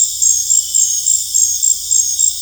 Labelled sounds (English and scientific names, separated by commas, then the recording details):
none
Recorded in dense forest near Puerto Asís, Putumayo, Colombia, on 18 December 2024 at 19:30
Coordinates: 0.484, -76.325
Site G056